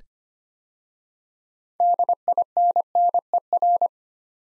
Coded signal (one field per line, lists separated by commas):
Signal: Morse code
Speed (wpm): 25 wpm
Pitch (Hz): 700 Hz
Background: none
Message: DINNER